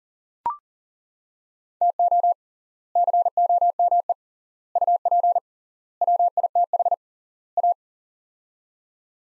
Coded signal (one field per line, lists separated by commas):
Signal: Morse code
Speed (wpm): 40 wpm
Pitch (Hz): 700 Hz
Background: none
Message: TO COME UP WITH A